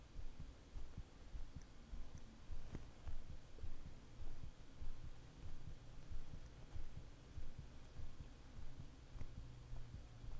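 Real adult heartbeat: regular low thumping at about 100 beats a minute, with a steady low hum beneath.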